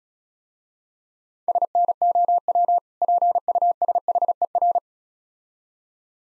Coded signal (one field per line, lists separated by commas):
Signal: Morse code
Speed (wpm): 36 wpm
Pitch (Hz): 700 Hz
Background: none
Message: SNOW PUSHER